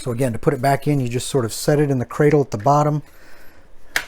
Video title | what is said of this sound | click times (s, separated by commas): Massive airflow in the new Torrent PC case with 180mm fans from Fractal Design! | line it up and then rock it forward and it just snaps right in | 4.0 s